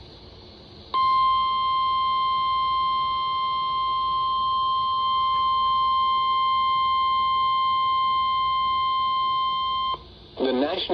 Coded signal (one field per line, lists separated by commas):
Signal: Emergency Alert System (SAME) tones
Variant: 1050 Hz attention tone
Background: speech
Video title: Marginals for Days || EAS Alerts from Sept. 7-9, 2023 || EAS 947-980